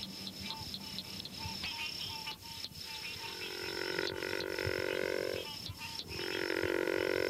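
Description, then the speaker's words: River frog giving two harsh, grating growls, each over a second long, with a shrill insect drone and scattered clicks behind. Growling call, seldom heard though the species is often fairly common; river swamps and cypress-bordered lakes, Florida Panhandle and northern peninsula. "Although the species is often fairly common, its growling call is seldom heard."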